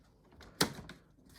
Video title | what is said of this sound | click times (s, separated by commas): How to Attach the BumpRider Sit to a Stroller | just going to press it in until it clicks into place. | 0.6 s